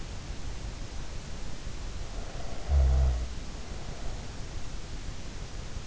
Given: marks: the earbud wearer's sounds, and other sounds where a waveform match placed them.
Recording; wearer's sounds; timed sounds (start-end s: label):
sounds in sleep by an in-ear microphone; snoring breath
2.15-4.15 s: snoring breath